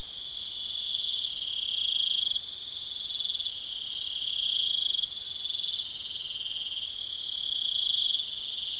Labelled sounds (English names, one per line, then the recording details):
none
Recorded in secondary vegetation near Puerto Asís, Putumayo, Colombia, on 24 June 2025
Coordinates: 0.488, -76.319
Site G094